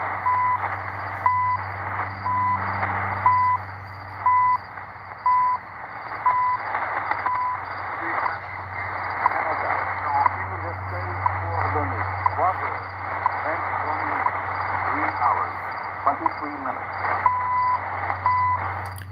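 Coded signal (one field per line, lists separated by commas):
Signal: radio time signal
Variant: CHU, French voice ID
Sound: short 1 kHz ticks once a second, a pause for a spoken announcement, then ticks again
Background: radio static, low hum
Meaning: The time is 03:23 UTC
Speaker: 3 hours 23 minutes uh UTC that was the ID in French that's given at the odd minutes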